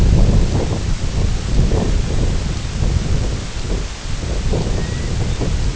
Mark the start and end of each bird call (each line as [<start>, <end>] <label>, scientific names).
[4.68, 5.12] Pluvialis dominica
[5.21, 5.42] Phalaropus fulicarius